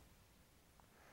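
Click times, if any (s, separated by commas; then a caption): 0.8 s. A fiber optic connector is slid into the back of its plastic outer shroud and pressed until it seats. A short, faint click is heard at 0.8 s over a quiet background. The click shows that the shroud is properly installed.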